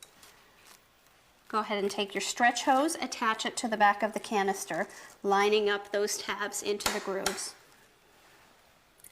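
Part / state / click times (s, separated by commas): vacuum hose handle onto extension wand / seated / 0.0 s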